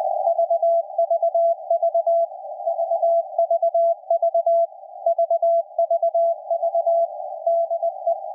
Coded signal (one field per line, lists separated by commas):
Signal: Morse code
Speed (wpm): 20 wpm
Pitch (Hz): 670 Hz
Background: none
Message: VVV VVV VVV DE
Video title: KPH San Francisco Radio. California. USA. 17.016 5 kHz CW. RSPdx. SdrUno. Fldigi.